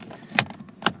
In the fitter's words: in place here it just snaps back into place turn the key back on one more time